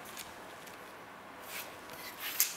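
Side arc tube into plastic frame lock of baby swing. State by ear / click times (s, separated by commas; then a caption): not seated / none. The second side arc tube of a 4moms MamaRoo 4.0 baby swing frame is handled against its marked D/C plastic frame lock, with soft rustling and scraping and a brief sharp tick near 2.4 s. The clip ends before the arc goes home, and nothing has seated or clicked yet.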